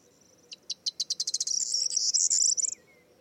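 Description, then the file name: Corn bunting song: a few spaced dry ticks that speed up into a fast, jangling, glassy rattle, the whole song lasting about two seconds. "Zden k Vermouzek - Prosyanka Emberiza calandra"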